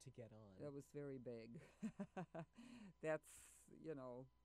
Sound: laugh

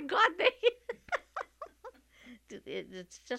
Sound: she laughs

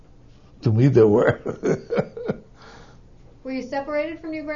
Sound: he laughs

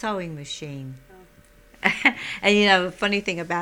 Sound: she laughs

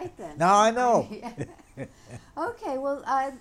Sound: he laughs

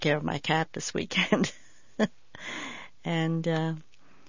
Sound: she laughs

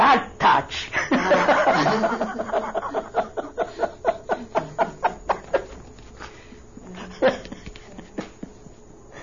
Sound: they laugh

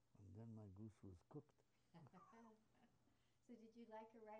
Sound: laughs

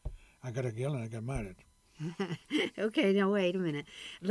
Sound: laughs

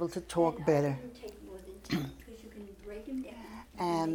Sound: clears throat

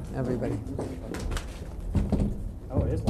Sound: disturbance to the microphone

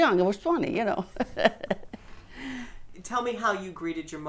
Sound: she laughs

